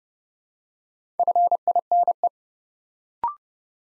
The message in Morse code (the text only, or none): FINE